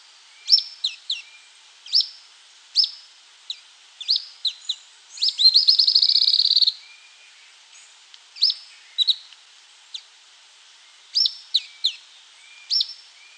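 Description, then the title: Grey elaenia calling with short high downslurred notes in irregular pairs and triplets, plus one longer buzzy rattle in the middle of the sequence. Nominate subspecies caniceps. "LuckyPassaro Completos2Sama. Grey Elaenia (Myiopagis caniceps caniceps)"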